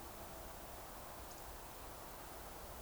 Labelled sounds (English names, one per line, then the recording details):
Eurasian Woodcock whistle
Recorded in Baden-Württemberg, Germany, on 29 June 2020 at 02:34 UTC
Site 43791, 788 m above sea level